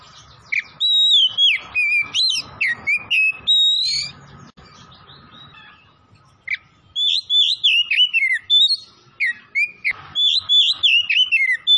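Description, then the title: Oriental magpie-robin singing vigorously, long runs of loud varied whistles, chirps and slurred descending notes with only a brief pause midway. Tretes; singing vigorously (gacor). "Kacer Tretes Gacor"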